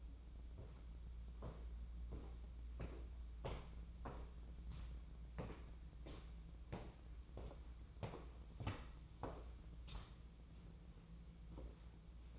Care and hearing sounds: daily activity, microphone in the room; walk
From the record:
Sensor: 1

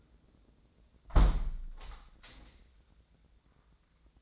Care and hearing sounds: daily activity, microphone in the room; close window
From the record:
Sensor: 3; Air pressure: 1012.3 hPa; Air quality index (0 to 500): 142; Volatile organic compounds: 2 ppm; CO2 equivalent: 1094 ppm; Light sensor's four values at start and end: 309/755/315/312 and 312/761/317/313

